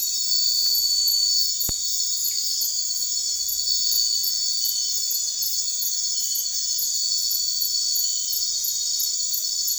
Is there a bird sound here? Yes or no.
no